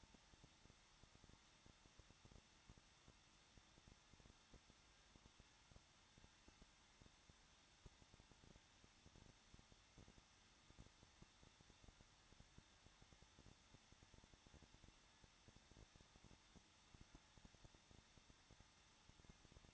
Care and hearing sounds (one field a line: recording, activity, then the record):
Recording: daily activity, microphone in the room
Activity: no activity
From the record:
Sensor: 3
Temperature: 21.2 degrees Celsius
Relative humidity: 36.4%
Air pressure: 1006.3 hPa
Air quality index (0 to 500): 223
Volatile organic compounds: 43 ppm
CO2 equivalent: 3200 ppm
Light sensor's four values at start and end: 2/3/2/2 and 2/3/2/2